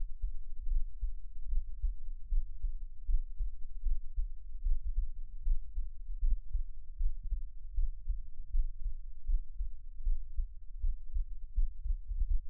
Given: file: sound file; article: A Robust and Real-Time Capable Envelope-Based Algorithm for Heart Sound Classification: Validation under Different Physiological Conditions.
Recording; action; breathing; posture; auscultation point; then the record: heart sounds by electronic stethoscope; rest; normal; lying on back; Erb’s point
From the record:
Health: healthy, no known heart disease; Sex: male